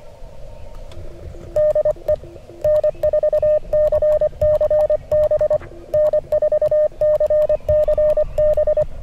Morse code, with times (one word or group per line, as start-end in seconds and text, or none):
1.6-2.1 DE
2.6-5.6 N4CCB
5.9-8.8 N4CCB